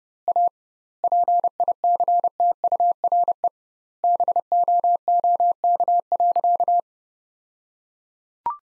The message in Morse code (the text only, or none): A PICTURE BOOK.